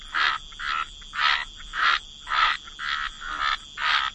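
Frog chorus of rasping croaks, roughly two bursts per second in a steady pulsing rhythm, with a faint constant high tone underneath.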